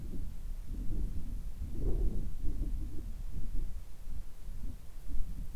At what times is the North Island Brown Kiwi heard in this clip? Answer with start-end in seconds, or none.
none